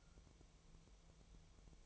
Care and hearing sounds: daily activity, microphone in the room; take from stove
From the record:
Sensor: 1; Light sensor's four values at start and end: 9/22/8/9 and 9/22/8/9

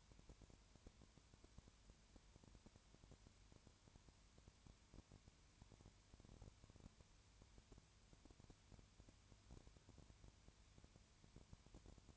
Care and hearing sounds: daily activity, microphone in the room; no activity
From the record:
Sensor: 2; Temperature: 20.3 degrees Celsius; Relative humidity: 33.8%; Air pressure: 1003.2 hPa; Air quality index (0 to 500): 82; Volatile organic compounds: 1 ppm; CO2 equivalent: 785 ppm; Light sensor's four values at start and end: 2/3/2/2 and 2/3/2/2

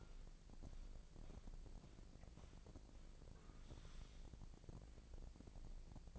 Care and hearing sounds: daily activity, microphone in the room; walk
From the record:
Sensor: 5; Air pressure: 1012.3 hPa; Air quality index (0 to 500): 154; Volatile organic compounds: 2 ppm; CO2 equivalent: 1053 ppm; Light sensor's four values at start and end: 319/766/327/365 and 316/760/325/362

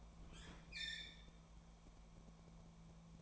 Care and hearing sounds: daily activity, microphone in the room; open fridge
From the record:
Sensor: 1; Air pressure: 1000.0 hPa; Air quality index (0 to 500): 136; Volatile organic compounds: 2 ppm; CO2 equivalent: 1286 ppm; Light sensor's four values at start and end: 31/79/33/40 and 31/78/33/40

